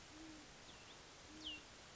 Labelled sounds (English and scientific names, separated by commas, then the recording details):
Great Horned Owl (Bubo virginianus)
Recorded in Sonoma County, California